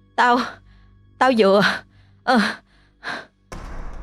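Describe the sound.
Heavy panting breaths come in four loud, voiced bursts with harmonic tone, each about half a second, followed by a stretch of noisy, rasping exhalation, as if gasping over a phone line.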